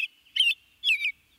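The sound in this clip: American robin song: a brief note, then two short, clear caroling phrases separated by a brief pause.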